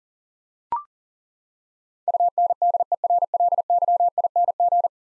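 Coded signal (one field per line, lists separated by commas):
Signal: Morse code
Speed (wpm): 40 wpm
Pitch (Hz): 700 Hz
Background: none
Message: UNDERLYING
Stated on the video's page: Morse head-copy drill of ten-letter words at 40 wpm, each word sent, spoken, then sent again.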